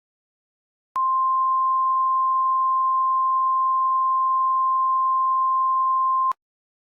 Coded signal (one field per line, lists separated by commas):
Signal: Emergency Alert System (SAME) tones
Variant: 1050 Hz attention tone